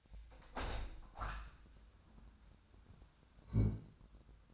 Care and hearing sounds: daily activity, microphone in the room; open window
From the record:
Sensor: 2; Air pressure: 1006.3 hPa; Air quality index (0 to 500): 192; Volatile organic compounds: 12 ppm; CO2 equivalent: 2337 ppm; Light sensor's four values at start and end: 8/20/8/9 and 9/21/9/9

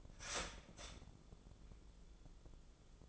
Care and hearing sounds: daily activity, microphone in the room; start toaster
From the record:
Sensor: 5

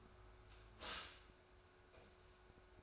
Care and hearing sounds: daily activity, microphone in the room; stop toaster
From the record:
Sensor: 2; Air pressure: 1014.6 hPa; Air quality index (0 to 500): 196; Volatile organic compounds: 20 ppm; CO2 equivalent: 2693 ppm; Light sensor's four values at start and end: 4/9/3/3 and 4/9/3/3

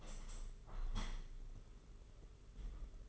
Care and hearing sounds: daily activity, microphone in the room; open window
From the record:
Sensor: 4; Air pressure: 992.1 hPa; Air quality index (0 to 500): 106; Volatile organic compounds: 15 ppm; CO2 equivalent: 2511 ppm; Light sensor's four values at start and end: 22/77/28/30 and 22/77/28/30

